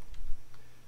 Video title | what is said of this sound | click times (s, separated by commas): Changing My Camshaft Position Actuators | like so it should go in there pretty nice and easily one little click like that | 0.1 s, 0.5 s